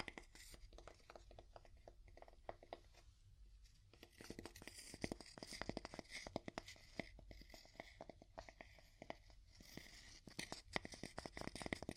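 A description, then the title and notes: Wood being tapped in dense, irregular bursts of sharp clicks and knocks that run almost without pause. The taps thin out briefly around the three-to-four second mark, then return busier and louder, with a steady low hum and faint rustling underneath. ASMR Calming Wood Tapping (No Talking).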